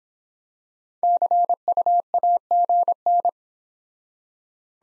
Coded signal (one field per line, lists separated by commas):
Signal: Morse code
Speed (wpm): 25 wpm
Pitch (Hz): 700 Hz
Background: none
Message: CU AGN